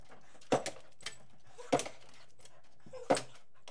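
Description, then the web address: Beagle giving three short, harsh barks spaced about 1.3 seconds apart, each trailed by a softer grunt. "BBC Sound Effects Library. Beagle Barking"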